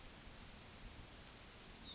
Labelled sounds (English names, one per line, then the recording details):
Yellowhammer song
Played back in forest
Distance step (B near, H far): F
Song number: 111